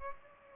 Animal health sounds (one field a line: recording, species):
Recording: mosquito wingbeat signal from an infrared sensor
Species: Culex pipiens